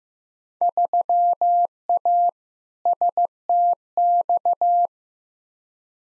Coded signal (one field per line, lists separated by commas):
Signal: Morse code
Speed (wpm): 15 wpm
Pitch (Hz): 700 Hz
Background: none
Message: 3A STX